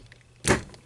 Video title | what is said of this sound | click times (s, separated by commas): Unique Toys Siegfried Not Hun gurrr Ordin Center Bot Review | you heard that click that was uh | 0.5 s